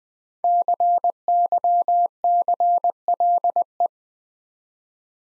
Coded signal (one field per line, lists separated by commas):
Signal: Morse code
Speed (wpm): 21 wpm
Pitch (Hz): 700 Hz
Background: none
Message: CYCLE